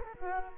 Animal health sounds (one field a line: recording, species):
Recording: mosquito wingbeat signal from an infrared sensor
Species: Culex quinquefasciatus